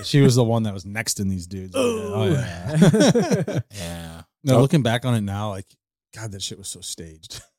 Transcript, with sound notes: She was the one that was next in these dudes.
Oh, man. (laughing)
Yeah.
No, looking back on it now, like, God, that shit was so staged.